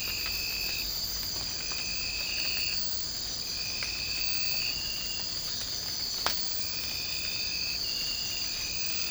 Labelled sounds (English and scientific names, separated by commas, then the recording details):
none
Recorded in secondary vegetation near Puerto Asís, Putumayo, Colombia, on 19 March 2025 at 02:30
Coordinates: 0.502, -76.326
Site G100